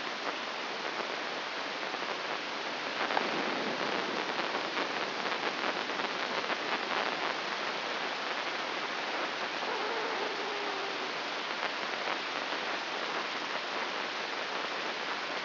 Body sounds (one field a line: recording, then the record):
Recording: brain microelectrode recording played as sound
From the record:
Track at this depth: inside the subthalamic nucleus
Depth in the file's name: 5.401 mm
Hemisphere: right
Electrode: 2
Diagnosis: Parkinson's disease